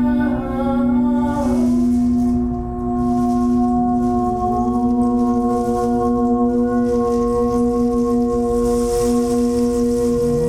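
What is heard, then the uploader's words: A tambura drone hums steadily throughout, its ringing overtones shifting slightly at around two and four seconds. Soft rain stick rattles wash in and out up high, swelling again near the end, over a low, rumbling bed that stays even in loudness. Rain stick, drum, tambura and other light percussion.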